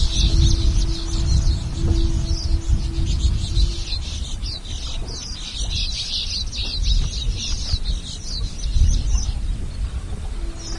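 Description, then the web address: Streaked weaver chattering: a dense band of fast, scratchy, high twittering notes throughout, over steady low rumbling background noise and a brief low hum. "streaked weaver bird call"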